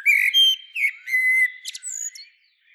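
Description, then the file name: Common blackbird singing a short run of fluty whistled notes, mostly level and smooth, with a brief high squeaky flourish near the end. "Turdus merula"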